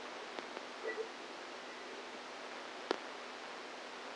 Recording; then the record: brain microelectrode recording played as sound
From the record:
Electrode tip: outside the subthalamic nucleus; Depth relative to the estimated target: 4 mm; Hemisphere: right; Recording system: NeuroSet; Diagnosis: Parkinson's disease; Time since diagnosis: 10 years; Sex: female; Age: 45 years